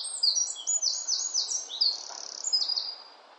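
Bird song: a fast, high-pitched run of chirps, short trills and thin whistles that jump between pitches, bright and continuous for about three seconds before fading.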